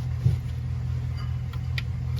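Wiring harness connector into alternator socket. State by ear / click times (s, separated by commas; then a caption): seated / 1.8 s. A plastic-clip wiring harness connector is pushed back into the alternator socket on a Honda Pilot during alternator reinstallation. Over a steady low engine-like hum, a sharp click is heard at 1.8 s, with softer ticks around it. The connector seats with the usual click and is good to go.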